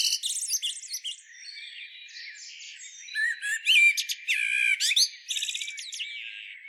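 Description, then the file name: Common blackbird with scratchy, squealing notes: a buzzy burst at the start, a quieter middle, then loud harsh chattering and squeaks in the last three seconds. "Turdus merula"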